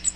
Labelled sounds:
Cape May Warbler flight call

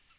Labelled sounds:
Black-throated Green Warbler flight call

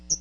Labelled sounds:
Hooded Warbler flight call

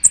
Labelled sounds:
American Redstart flight call

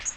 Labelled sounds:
Magnolia Warbler flight call

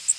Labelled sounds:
Blackburnian Warbler flight call

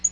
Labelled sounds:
Black-throated Green Warbler flight call

